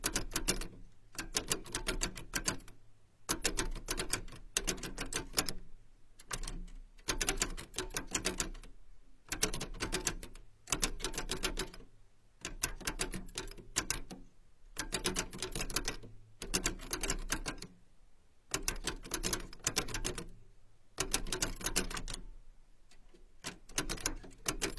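An old typewriter is being typed on in bursts of fast, sharp key strikes, each run lasting a second or two before a short pause. The clacks are crisp, with a faint low hum underneath throughout.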